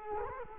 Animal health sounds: mosquito wingbeat signal from an infrared sensor; Culex quinquefasciatus

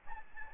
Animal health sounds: mosquito wingbeat signal from an infrared sensor; Aedes albopictus

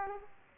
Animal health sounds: mosquito wingbeat signal from an infrared sensor; Aedes aegypti

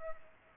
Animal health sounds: mosquito wingbeat signal from an infrared sensor; Culex pipiens

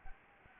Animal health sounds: mosquito wingbeat signal from an infrared sensor; Anopheles gambiae

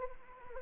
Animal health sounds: mosquito wingbeat signal from an infrared sensor; Anopheles arabiensis

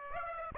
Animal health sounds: mosquito wingbeat signal from an infrared sensor; Aedes aegypti

